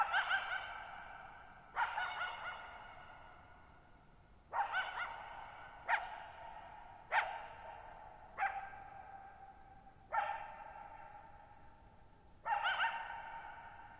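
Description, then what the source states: Coyote delivering a series of about eight hoarse barks and yelps at uneven intervals, each trailing off in long reverberation. Lone coyote at night, July 14, 2019, Thirtymile Meadows, Okanogan National Forest, 6400 ft (1950 m); shallow bowl-shaped meadow on a high, dry plateau forming a natural amphitheater.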